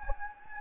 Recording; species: mosquito wingbeat signal from an infrared sensor; Anopheles gambiae